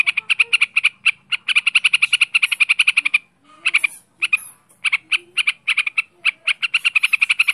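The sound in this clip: Bird song: fast trains of harsh chattering notes in bursts separated by short pauses.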